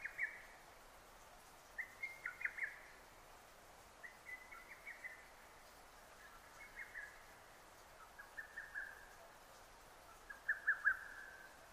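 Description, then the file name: Lesser cuckoo song: staccato phrases of several quick whistled notes, repeated about every two seconds over steady background hiss. Recorded 6 June 2009. "hototogisu-20090606"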